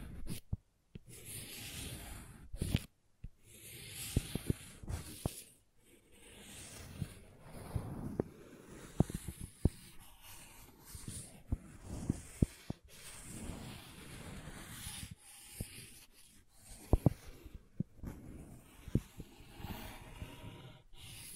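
Crayons scraping and rubbing across paper in short bursts, with frequent brief gaps of silence between strokes. Sharp little taps and clicks punctuate the drawing throughout, scattered irregularly, while the scratchy strokes swell and fade every second or two.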